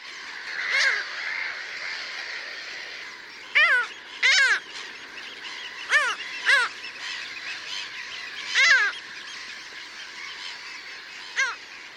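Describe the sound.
Bird giving harsh honking calls, spaced irregularly, several in twelve seconds, over a constant hissy background.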